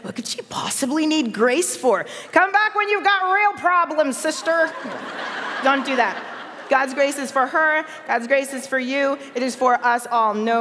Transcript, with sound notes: “What could she possibly need grace for? Come back when you've got real problems, sister.” (laughter) Don't do that. God’s grace is for her. God’s grace is for you. It is for us all.